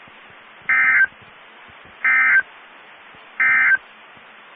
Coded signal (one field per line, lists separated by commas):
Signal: Emergency Alert System (SAME) tones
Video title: Severe Thunderstorm Watch & Warning (EAS 1910 & 1911) 6/7/22